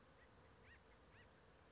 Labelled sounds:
Acorn Woodpecker
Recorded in Sonoma County, California

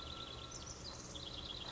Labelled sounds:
House Wren
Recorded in Sonoma County, California

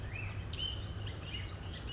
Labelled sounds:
Black-headed Grosbeak
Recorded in Sonoma County, California

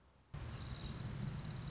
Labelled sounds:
Orange-crowned Warbler
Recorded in Sonoma County, California

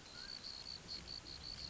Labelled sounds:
Mountain Quail
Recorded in Sonoma County, California

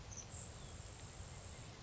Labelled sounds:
Grasshopper Sparrow
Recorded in Sonoma County, California

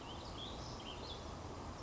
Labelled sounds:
Ash-throated Flycatcher
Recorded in Sonoma County, California

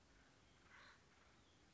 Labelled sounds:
Acorn Woodpecker
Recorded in Sonoma County, California

